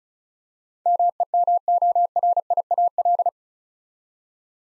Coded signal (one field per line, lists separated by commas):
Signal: Morse code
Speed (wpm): 34 wpm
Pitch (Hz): 700 Hz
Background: none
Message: MEMORIAL